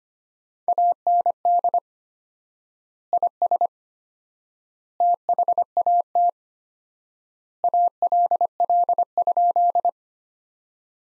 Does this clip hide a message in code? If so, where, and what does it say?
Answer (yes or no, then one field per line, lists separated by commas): yes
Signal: Morse code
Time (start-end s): 0.7-9.9 s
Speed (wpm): 25 wpm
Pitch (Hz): 700 Hz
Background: none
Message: AND IS THAT ALL?